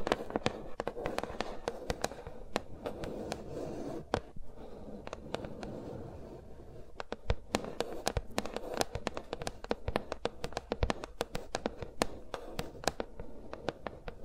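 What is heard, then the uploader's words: Fingers rubbing and tapping around microphones make dense, irregular crackles and sharp bright snaps over a low rumbling rustle throughout, without talking. ASMR with Mics Around My Fingers (No Talking).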